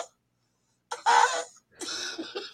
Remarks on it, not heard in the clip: I cough like a motherfucker sometimes. because like I cough like this it sounds like he's like calling for help when he coughs. Sound like a whimpering deer is what it sounds like. Yeah, it's bad. I cough really bad, guys.